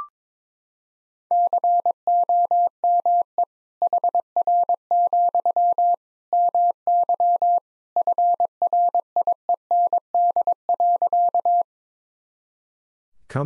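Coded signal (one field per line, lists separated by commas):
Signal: Morse code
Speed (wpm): 22 wpm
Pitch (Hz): 700 Hz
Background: none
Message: COME HR, MY FRIEND.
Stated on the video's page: Morse practice sentences from the top 300 words and abbreviations at 22 wpm, each sent, then spoken, then sent again, for head-copy.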